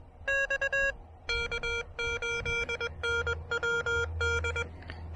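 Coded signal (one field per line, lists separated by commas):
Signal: Morse code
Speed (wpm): 21 wpm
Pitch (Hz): 1400 Hz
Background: none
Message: KOENWD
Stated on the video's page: Pedestrian mobile POTA park activation with the Elecraft KH1, QRP.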